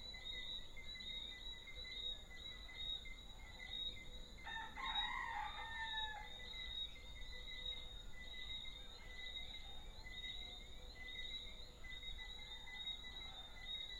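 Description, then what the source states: Frogs and roosters: a rooster crows once, hoarse and drawn out, in the first half, over an unbroken backdrop of small frogs repeating high whistles. Small frogs and roosters in an early evening soundscape at Deshaies, Guadeloupe, recorded on 19 September 2019.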